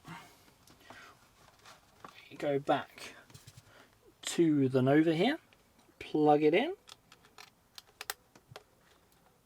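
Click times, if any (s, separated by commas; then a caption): 8.1 s. After the firmware is copied, a memory card is pushed back into the card slot of Nightfox NOVA night vision binoculars while someone talks. Small clicks and taps follow, and the card latches with a sharp click at 8.1 s, seated in the slot.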